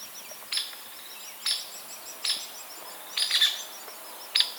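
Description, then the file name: Hairy woodpecker giving abrupt, sharp peek calls about once a second, one doubled, with a thin high repeated twittering behind them. "Picoides villosus - Hairy Woodpecker"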